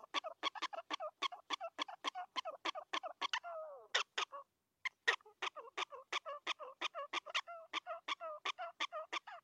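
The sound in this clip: Prairie dog barking calls, rapid harsh yelping notes in long runs, with a brief drawn-out squeal in the middle.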